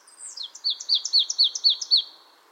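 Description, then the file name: Marsh tit call: a quick run of about eight high, clipped chirping notes in a steady rhythm. "Poecile palustris"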